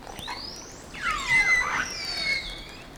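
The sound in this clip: Whale call: a long arching whistle that rises and then falls, joined by harmonic chirps and squeals in the middle.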